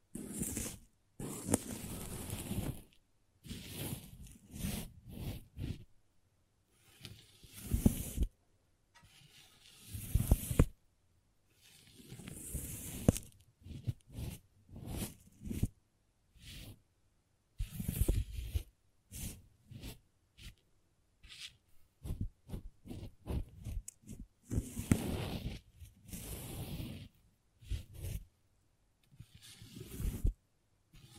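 Crayons scraping, carving and tapping in short irregular bursts, each lasting a second or two, separated by brief silences. The strokes are gritty and hissy with bright upper edges, plus occasional sharper taps and scratches scattered throughout.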